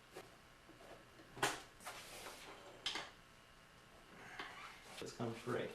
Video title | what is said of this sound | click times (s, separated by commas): BMW K75 K75S Clutch Spline Lube 2 of 3 | put the bar here and we're supposed to hear a loud click just | 1.4 s